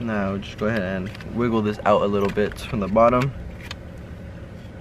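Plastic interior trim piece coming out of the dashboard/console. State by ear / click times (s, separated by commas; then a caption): released / 3.7 s. A fragile plastic interior trim piece is wiggled out from the bottom of a BMW dashboard/console while someone talks. A single sharp click at 3.7 s marks the piece popping free. It comes out whole, in one piece.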